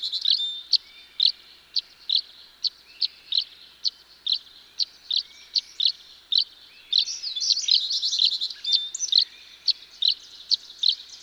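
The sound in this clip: Tree swallow calls: evenly spaced sharp high chirps, breaking into a gurgling, twittering flourish in the second half before the chirps resume.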